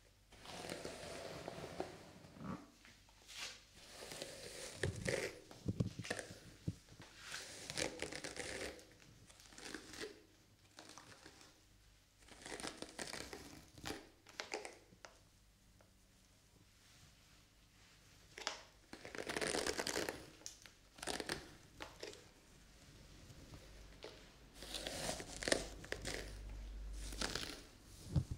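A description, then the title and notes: Hair being brushed, with repeated bristly swishing strokes arriving in irregular bursts, quiet pauses between, and a soft low rumble underneath. ASMR Haircut Tutorial Hair Brushing for Relaxation.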